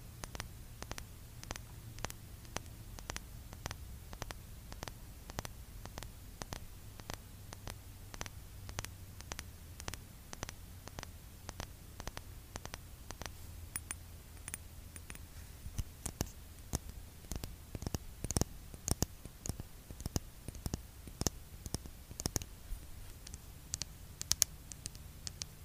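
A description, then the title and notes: Fingers tap on skincare product containers in a steady run of crisp, short clicks, roughly two or three per second, growing busier and sharper after the midpoint. A low, wavering hum lies underneath throughout, with a faint hiss. Skincare product tapping. Blue yeti microphone.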